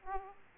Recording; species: mosquito wingbeat signal from an infrared sensor; Aedes aegypti